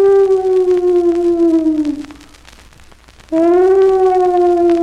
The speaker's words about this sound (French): Donc, un savoureux mélange de fantômes, de chiens et de vent dans une fenêtre. Ça vous donne ceci.